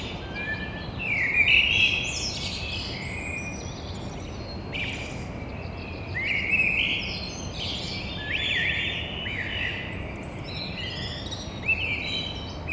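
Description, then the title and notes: Eurasian blackbird song: several mellow fluted phrases, each ending in high squeaky twitters, spaced a few seconds apart over constant low rumbling noise. Single blackbird heard from a window onto a courtyard, Toulouse, Thursday 9 April, 6:30. "Merle noir côté cour. Stéphane Marin"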